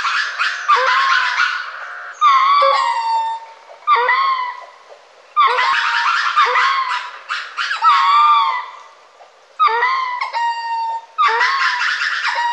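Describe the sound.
Lemur calls, loud wails and harsher screams in repeated bursts, with quieter wavering moans between.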